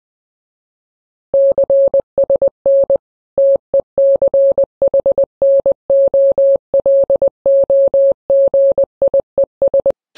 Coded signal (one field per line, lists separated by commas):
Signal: Morse code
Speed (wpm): 20 wpm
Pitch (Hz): 550 Hz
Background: none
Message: CSN TECHNOLOGIES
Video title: Amateur radio Satellite tracking. CSN S.A.T. Tracker Assembly